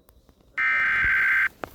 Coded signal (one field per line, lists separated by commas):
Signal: Emergency Alert System (SAME) tones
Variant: header bursts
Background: speech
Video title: Eas svr on Kopb Eas#484